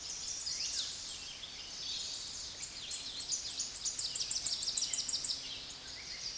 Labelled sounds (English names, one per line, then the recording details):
Tennessee Warbler song
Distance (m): 15 m
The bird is about 10 m above the microphone
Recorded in a Pennsylvania forest on 16 May 2024 at 09:07
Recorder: AudioMoth, point MSD-2443
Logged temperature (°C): 16.4 °C
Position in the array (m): 165 m, 183 m